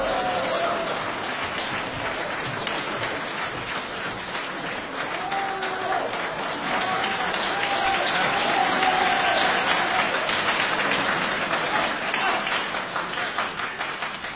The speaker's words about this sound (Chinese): 请大家欣赏相声《问三国》，表演者呢是优秀的青年相声演员史不凡和他的师父李金斗，掌声欢迎。